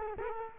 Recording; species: mosquito wingbeat signal from an infrared sensor; Culex quinquefasciatus